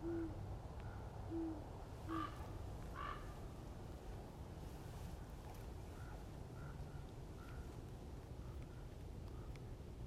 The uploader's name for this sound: Great Horned OWL Whoooing in background of Crows Cawing